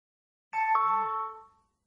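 A doorbell rings once with a bright two-tone chime, the tones layering and ringing out before fading smoothly over about a second.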